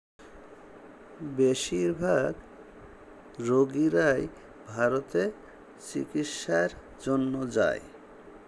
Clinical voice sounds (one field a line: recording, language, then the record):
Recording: elicited speech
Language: Bengali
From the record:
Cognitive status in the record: dementia